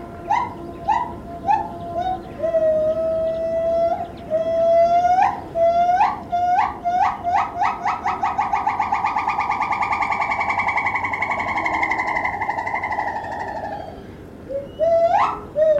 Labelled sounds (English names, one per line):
Borneo Gibbon